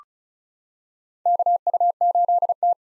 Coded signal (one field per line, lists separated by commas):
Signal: Morse code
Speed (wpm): 36 wpm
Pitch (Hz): 700 Hz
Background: none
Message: KU8T